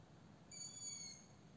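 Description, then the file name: Owl making a single high, clear whistled note that holds a level pitch for just over half a second against a faint background hiss. "My owls"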